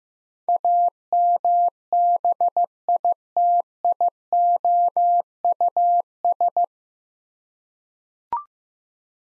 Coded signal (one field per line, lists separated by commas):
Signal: Morse code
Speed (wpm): 16 wpm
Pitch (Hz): 700 Hz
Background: none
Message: AMBITIOUS